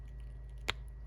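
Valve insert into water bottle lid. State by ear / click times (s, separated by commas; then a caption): seated / 0.7 s. A plastic valve part is pressed into a CamelBak Podium water bottle lid using a brush as a pusher on its outer edges. A single small, sharp click at 0.7 s shows the valve is fully seated, heard over a steady low hum. There is no talking.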